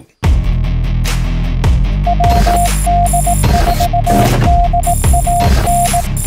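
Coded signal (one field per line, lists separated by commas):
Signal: Morse code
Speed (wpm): 18 wpm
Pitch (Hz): 700 Hz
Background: none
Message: WD4DAN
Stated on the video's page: Morse sent on a Modern Morse Nameless v0 paddle.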